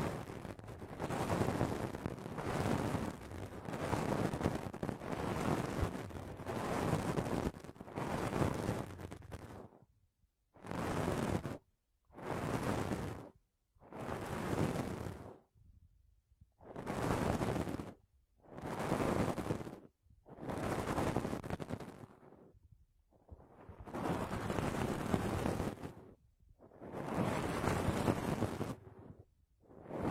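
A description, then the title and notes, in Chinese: A small brush sweeps against the microphone in soft, scratchy strokes, steady at first, then in separate bursts with silent pauses between. 小刷子刷耳朵。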